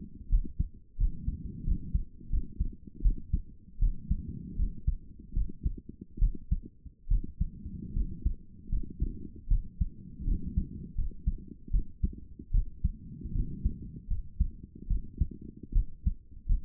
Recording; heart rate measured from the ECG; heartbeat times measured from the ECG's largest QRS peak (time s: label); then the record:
heart sounds by stethoscope; 78 bpm
0.29 s: heartbeat
0.98 s: heartbeat
1.64 s: heartbeat
2.30 s: heartbeat
3.02 s: heartbeat
3.79 s: heartbeat
4.56 s: heartbeat
5.33 s: heartbeat
6.19 s: heartbeat
7.08 s: heartbeat
7.93 s: heartbeat
8.69 s: heartbeat
9.48 s: heartbeat
10.24 s: heartbeat
10.95 s: heartbeat
11.71 s: heartbeat
12.51 s: heartbeat
13.32 s: heartbeat
14.08 s: heartbeat
14.87 s: heartbeat
15.72 s: heartbeat
16.46 s: heartbeat
From the record:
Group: healthy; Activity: rest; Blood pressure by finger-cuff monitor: 133/69 mmHg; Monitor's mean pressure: 89 mmHg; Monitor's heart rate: 78 bpm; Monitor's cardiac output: 7.4 L/min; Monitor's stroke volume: 95 mL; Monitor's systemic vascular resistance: 830 dyn s/cm5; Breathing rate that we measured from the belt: 21 breaths a minute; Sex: female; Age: 22 years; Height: 154 cm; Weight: 58.7 kg